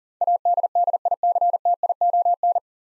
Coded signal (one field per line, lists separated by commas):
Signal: Morse code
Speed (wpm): 40 wpm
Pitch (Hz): 700 Hz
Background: none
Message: ADDICTION